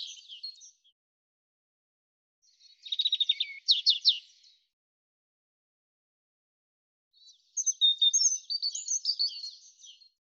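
European robin song in three separated high phrases, the middle one a rapid trill of thin notes, the last a tumbling warble.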